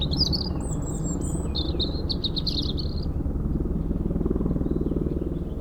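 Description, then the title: European robin delivering one quick run of high, trilling and whistled notes, then falling silent while a helicopter keeps droning low. Singing in a hedge near Lac du Bourget, Brison-Saint-Innocent, France, during helicopter lifting work on the Colombière cliff, engine sound echoing off Mont Corsuet; Zoom H4n Pro placed vertically on ground. "4 Chem. de la Pointe Forestier, Brison-Saint-Innocent, France - Duo rouge-gorge hélicoptère"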